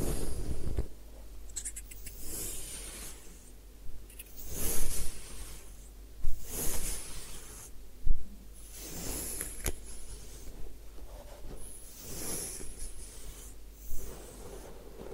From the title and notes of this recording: Head Spa Hair Wash, Massage, Ear Cleaning (No Talking).